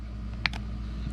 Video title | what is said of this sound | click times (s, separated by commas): How to replace a 2017 Jeep Cherokee 5 Button Smart Key Remote Battery | Put a little pressure and you'll hear it pop. | 0.5 s